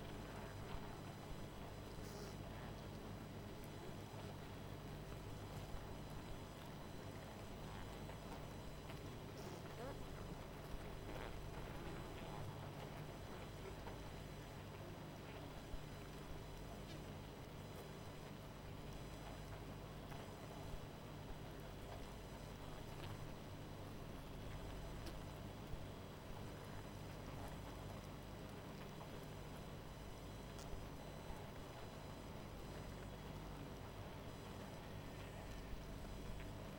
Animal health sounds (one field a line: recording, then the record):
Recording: honeybee colony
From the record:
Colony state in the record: missing queen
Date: 14 July 2017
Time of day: 20:19